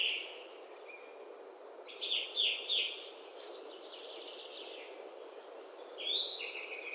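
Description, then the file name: Great tit gives one brief burst of high thin notes between softer buzzy calls at the start and end, with noticeable steady background hiss. "Parus major"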